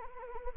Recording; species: mosquito wingbeat signal from an infrared sensor; Anopheles arabiensis